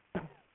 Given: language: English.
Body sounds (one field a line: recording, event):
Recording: throat vibration sensor signal played as sound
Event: cough